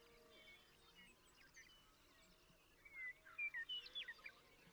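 Western meadowlark song, quiet against steady background hiss, with whistled notes and a short gurgling phrase near the end; faint chirps elsewhere.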